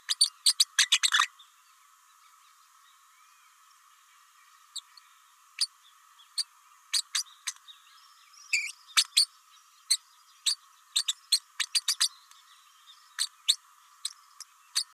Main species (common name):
Green-rumped Parrotlet